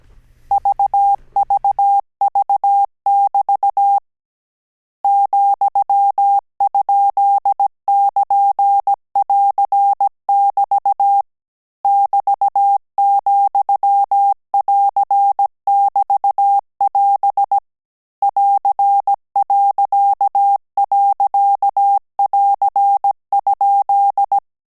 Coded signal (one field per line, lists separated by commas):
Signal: Morse code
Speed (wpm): 17 wpm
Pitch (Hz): 800 Hz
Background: none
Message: VVV<BT> ,?<KN><AR><BT> <BT>,<AR><BT><AS> <AR>..<AR>?